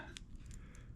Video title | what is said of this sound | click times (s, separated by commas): Snapper Push Mower Part 3! - Is This Quantum Engine Any Good? | and then it clicks right in there | 0.2 s